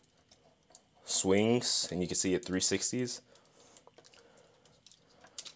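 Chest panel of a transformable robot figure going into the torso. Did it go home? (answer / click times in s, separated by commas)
no / none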